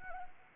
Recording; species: mosquito wingbeat signal from an infrared sensor; Anopheles arabiensis